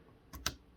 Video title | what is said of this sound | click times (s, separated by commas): Fletch your own arrows with ease! BPE Pro Fletcher setup and demo | push until you hear the click rotate it to the next one | 0.5 s